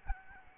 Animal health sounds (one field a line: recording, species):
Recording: mosquito wingbeat signal from an infrared sensor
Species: Aedes albopictus